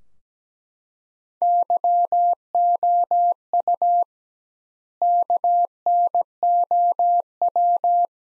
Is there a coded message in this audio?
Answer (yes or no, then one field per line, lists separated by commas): yes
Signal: Morse code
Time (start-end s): 1.4-8.1 s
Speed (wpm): 17 wpm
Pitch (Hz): 700 Hz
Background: none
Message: YOU KNOW